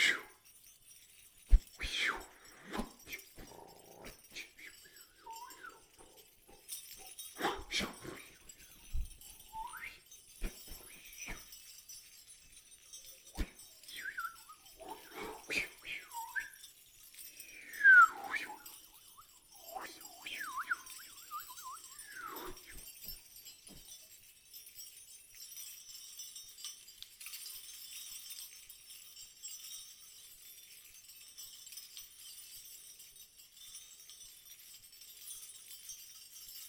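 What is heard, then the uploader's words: Small bells on reindeer antlers jingle in short, scattered bursts, with sharp clacks and rattles marking the first twenty-odd seconds. The shaking comes and goes irregularly, then fades after about twenty-three seconds into a quiet, thin hiss with only faint tinkling. A pair of bell-embellished reindeer antlers play a central role in creating the soundscape.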